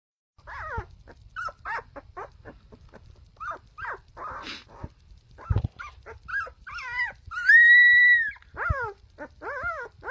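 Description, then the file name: Dog: puppy yelping and whimpering: a run of short, high, falling yelps, then a longer steady whine near the eighth second, followed by more bending whimpers. Puppy learning to bark. "CÚN CON TẬP KÊU"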